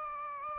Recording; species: mosquito wingbeat signal from an infrared sensor; Aedes aegypti